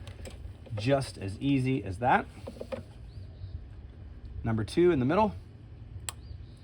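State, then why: Seated. Someone talks while the middle (number two) spark plug wire boot is pressed onto its spark plug in a 1996–2002 third-generation Toyota 4Runner with the 5VZFE engine. A single sharp snap is heard at 6.1 s as the boot seats onto the plug.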